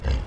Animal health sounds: contact call of a hoofed animal; wild boar; grunt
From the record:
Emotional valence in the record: positive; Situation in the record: food anticipation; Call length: 0.26 s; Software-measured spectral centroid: 1560 Hz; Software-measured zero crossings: 790 a second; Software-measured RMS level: -24 dBFS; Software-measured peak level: -13 dBFS

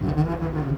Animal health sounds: contact call of a hoofed animal; goat; low-frequency (closed-mouth) or high-frequency (open-mouth) call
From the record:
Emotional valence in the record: positive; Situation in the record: food anticipation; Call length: 0.78 s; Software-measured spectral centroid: 1130 Hz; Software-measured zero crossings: 650 a second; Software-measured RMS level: -24 dBFS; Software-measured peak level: -10 dBFS

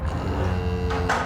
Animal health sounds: contact call of a hoofed animal; cattle; low-frequency (closed-mouth) or high-frequency (open-mouth) call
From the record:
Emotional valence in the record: positive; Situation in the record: visual reunion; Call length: 1.26 s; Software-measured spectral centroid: 1820 Hz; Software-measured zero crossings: 1160 a second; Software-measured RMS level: -24 dBFS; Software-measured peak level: -10 dBFS

